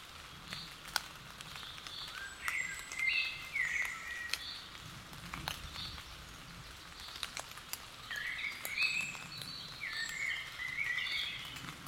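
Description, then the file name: Common blackbird giving brief upslurred whistled calls, clustered early and again near the end, over a steady hiss with sharp ticks and light patter. "Turdus merula"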